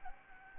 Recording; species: mosquito wingbeat signal from an infrared sensor; Anopheles gambiae